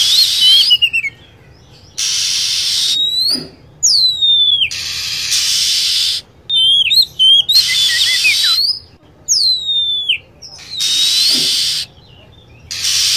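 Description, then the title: Lovebird calls: rasping chatter segments and sharp, high whistled notes sweeping downward, trading back and forth at a quick pace. Lure sound used to attract lovebirds. "PIKAT BURUNG LOVEBIRD"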